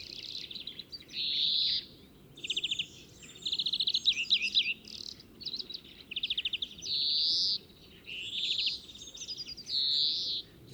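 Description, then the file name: European greenfinch singing, drawn-out buzzy wheezes every few seconds interleaved with quick rattling trills and brief twitters over a faint noisy background. "Chloris chloris"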